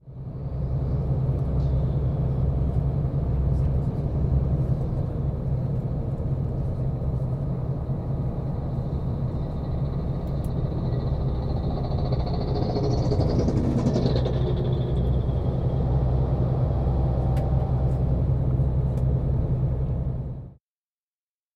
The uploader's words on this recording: Roadworks, as heard from a passing bus on Tallinn-Pärnu highway. Recorded with Olympus LS-14 and Sound Professionals MS-BMC3 mics.